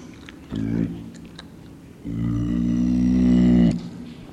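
Clouded leopard growling moans: a short low harmonic burst, then a longer rumbling call.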